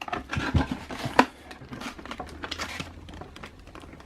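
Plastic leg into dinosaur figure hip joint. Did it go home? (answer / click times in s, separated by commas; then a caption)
no / none. Someone presses the right plastic leg of a Jurassic World Dominion Super Colossal Giganotosaurus figure back onto its hip joint after it fell off, trying to make it snap in. There is plastic rubbing, scraping and handling noise, with a sharp knock at about 1.2 s. The leg has not snapped into place yet, because the joint needs a lot of pressure.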